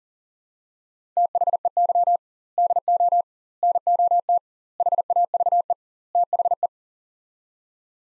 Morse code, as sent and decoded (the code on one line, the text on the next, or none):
- .... . -.-- / -.. --- / -. --- - / .... .- ...- . / - .... .
THEY DO NOT HAVE THE